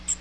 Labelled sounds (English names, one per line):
Magnolia Warbler flight call